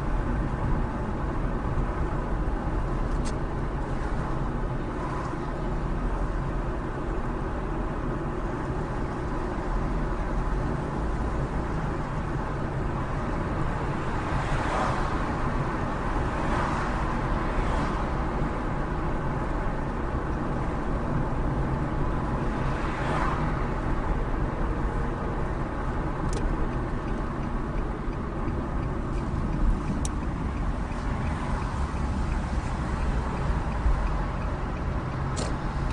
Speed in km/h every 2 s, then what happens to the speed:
47, 45, 44, 44, 44, 45, 48, 50, 52, 50, 50, 48, 48, 45, 35, 26, 23, 21.
0-9 steady at about 44. 9-15 speeds up to 52. 15-24 steady at about 50. 24-33 slows to 21.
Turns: 27-36.